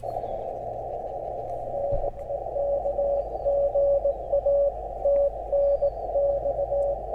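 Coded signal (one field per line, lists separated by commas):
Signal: Morse code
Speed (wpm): 18 wpm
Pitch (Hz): 560 Hz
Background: radio noise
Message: NE KGA TNX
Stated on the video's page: QRP CW Parks on the Air activation at a state historic site, made on a backup radio after cabling for the new TR-35 was forgotten.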